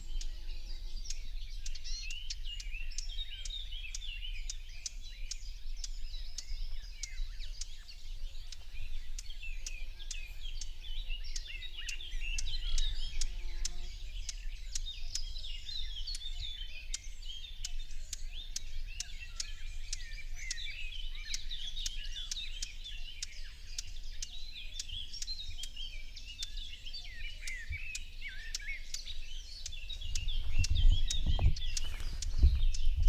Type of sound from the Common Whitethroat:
call